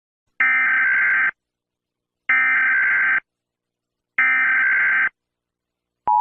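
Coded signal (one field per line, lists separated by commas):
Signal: Emergency Alert System (SAME) tones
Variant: header bursts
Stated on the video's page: A fictional alert scenario.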